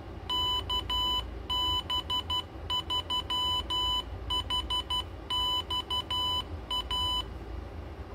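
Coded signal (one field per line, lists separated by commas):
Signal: Morse code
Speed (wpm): 12 wpm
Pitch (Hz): 3000 Hz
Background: none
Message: KB3HXA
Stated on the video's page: Morse sent by an Arduino-based automatic message sender and auto keyer built from under a dollar of hardware.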